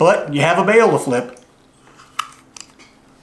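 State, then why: Seated. Someone talks, then the metal wire bail on a vintage spinning fishing reel is flipped and snaps into its open, locked position with a sharp click at 2.2 s. A softer, shorter click follows at about 2.6 s, and the bail is seated open.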